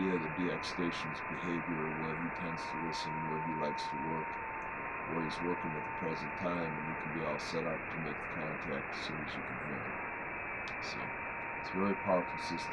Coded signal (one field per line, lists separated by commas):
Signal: FT8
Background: speech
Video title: Setting up Flex 6000 radios for maximum sensitivity